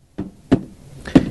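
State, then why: Seated. An ink cartridge is pushed label side out into its color-matched slot in an Epson Stylus Pro 7900 large-format printer, used for computer-to-plate. Knock-like thuds are heard at about 0.2, 0.5 and 1.2 seconds, and the cartridge clicks into the slot at 0.5 seconds, seated.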